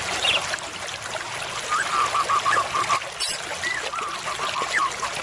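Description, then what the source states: White-rumped shama singing two quick phrases of rapid, bubbling whistled notes, the second starting with an upward slur, above a steady rushing background hiss. Murai batu used as a lure (pikat) call, described as an effective lure with a strong voice.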